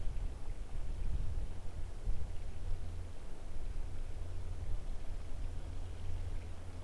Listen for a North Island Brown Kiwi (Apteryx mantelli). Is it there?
no